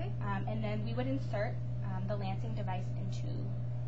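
A plastic lancet, its cover already off, is being handled to be pushed into the holder of a blood-glucose lancing device while someone talks over a steady low hum. Nothing has seated or clicked into place yet.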